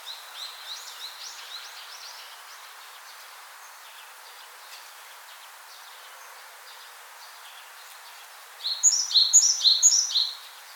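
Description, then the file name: Great tit song: a soft run of high two-note phrases, then a loud bout near the end, each phrase a sharp high note dropping to a lower one, about two per second. "Parus major"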